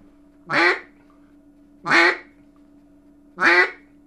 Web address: Duck Mallard